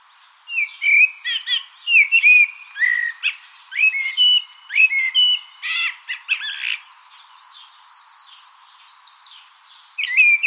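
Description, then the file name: Common blackbird singing a run of mellow whistled phrases, each trailed by a thin scratchy twitter, then shifting into a sequence of high squeaky trills. "Turdus merula"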